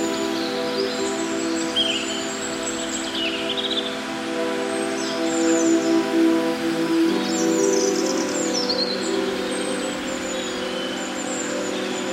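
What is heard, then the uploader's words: Meditative music holds a low, steady drone with sustained tones, a slight swell and shift near seven seconds, while birds chirp brightly above. A Soothing Soundscape of Meditative Music and Natural Sounds.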